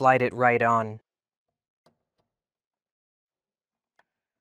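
Someone talks while fitting the new plastic slide of the headlight washer nozzle onto the telescopic washer jet on a BMW 4 Series F32/F33/F36. Two faint ticks follow at about 1.9 and 4.0 seconds in near silence. The slide is being handled and nothing has seated or clicked into place yet.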